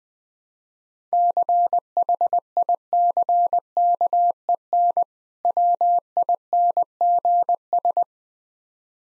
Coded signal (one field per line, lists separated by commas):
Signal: Morse code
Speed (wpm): 20 wpm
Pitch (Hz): 700 Hz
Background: none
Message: CHICKEN WINGS